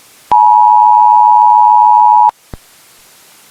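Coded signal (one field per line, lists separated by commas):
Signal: Emergency Alert System (SAME) tones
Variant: 853 and 960 Hz attention tone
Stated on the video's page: Fictional scenario using valid alert tones.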